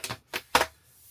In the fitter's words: Click it back into place.